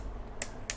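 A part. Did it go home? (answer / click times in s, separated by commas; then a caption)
yes / 0.4 s, 0.7 s. A camera mount is clicked into the quick-release base of a neck-mount camera holder, giving two sharp mechanical clicks at 0.4 s and 0.7 s. The mount locks into place.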